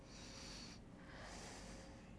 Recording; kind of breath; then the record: one breath in and out by a microphone near the nose and mouth; deep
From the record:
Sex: male